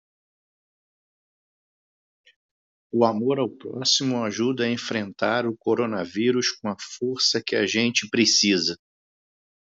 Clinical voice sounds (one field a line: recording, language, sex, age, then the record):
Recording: spoken sentence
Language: Brazilian Portuguese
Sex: male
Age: 50 to 59 years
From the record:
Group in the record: control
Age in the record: 53 years